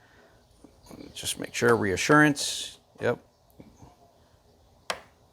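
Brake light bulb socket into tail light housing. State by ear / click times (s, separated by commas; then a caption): seated / 4.9 s. A brake light bulb socket is twisted into a tail light housing while someone talks. A single loud, sharp click sounds at 4.9 s as the socket locks into place in the housing.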